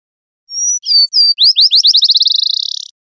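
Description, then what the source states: Black-chinned sparrow singing: a few thin whistles lead into quick downslurred notes that accelerate into a rapid trill. Recorded 7 April 2003.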